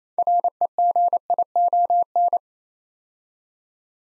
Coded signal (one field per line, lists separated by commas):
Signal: Morse code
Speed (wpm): 29 wpm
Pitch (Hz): 700 Hz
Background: none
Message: REGION